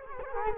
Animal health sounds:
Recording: mosquito wingbeat signal from an infrared sensor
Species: Culex quinquefasciatus

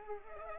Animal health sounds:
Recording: mosquito wingbeat signal from an infrared sensor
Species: Culex pipiens

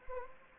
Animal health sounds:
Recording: mosquito wingbeat signal from an infrared sensor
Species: Anopheles arabiensis

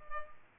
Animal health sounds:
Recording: mosquito wingbeat signal from an infrared sensor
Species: Culex pipiens

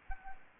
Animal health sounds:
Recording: mosquito wingbeat signal from an infrared sensor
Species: Anopheles gambiae

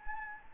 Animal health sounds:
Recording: mosquito wingbeat signal from an infrared sensor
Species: Anopheles gambiae

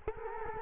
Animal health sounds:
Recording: mosquito wingbeat signal from an infrared sensor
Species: Culex quinquefasciatus

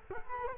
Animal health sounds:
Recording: mosquito wingbeat signal from an infrared sensor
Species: Culex quinquefasciatus

